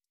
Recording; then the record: hydrophone in a shrimp aquaculture tank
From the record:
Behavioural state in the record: stressed